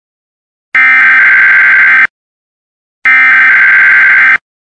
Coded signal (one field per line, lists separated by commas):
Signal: Emergency Alert System (SAME) tones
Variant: header bursts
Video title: Emergency Alert System The start of WW3....